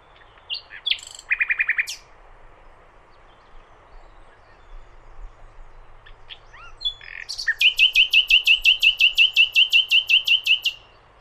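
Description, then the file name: Common nightingale singing: a short trill, a pause with soft notes, then a long, loud run of rapidly repeated sharp notes lasting several seconds. "Luscinia megarhynchos"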